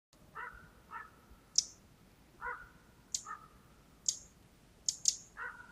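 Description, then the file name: Eurasian wren calling with isolated sharp high ticks, interspersed with lower, rougher notes every second or so, against faint background noise. "Troglodytes troglodytes"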